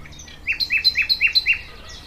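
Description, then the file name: Thrush nightingale song: a clear run of several loud, evenly spaced short notes, delivered quickly over a quiet background. "Sprosser"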